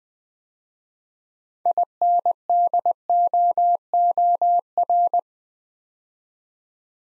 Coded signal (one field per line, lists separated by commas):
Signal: Morse code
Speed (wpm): 20 wpm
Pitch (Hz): 700 Hz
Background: none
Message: INDOOR